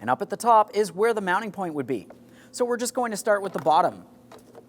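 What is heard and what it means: Someone talks while handling a plastic upper door corner trim piece for the door frame of a 2003-2008 Toyota Matrix 1.8L L4 during a front window motor replacement; the piece has a small hook along the bottom and a mounting point at the top, and work starts at the bottom. Speech fills most of the clip, followed by quieter handling noise and a faint short tap at 4.6 s. Nothing has seated or clicked yet.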